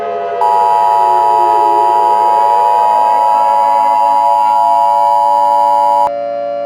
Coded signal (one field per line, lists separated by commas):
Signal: Emergency Alert System (SAME) tones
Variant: 853 and 960 Hz attention tone